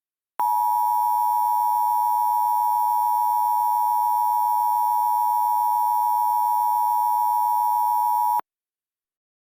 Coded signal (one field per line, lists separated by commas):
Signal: Emergency Alert System (SAME) tones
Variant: 853 and 960 Hz attention tone